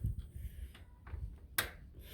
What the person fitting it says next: This is clicking properly.